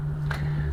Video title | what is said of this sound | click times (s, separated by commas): FanHome Star Trek The Next Generation Build The U.S.S. Enterprise D Shipment - 30 (Build Video) | so when you get it into position you can push it in and it locks into place | 0.3 s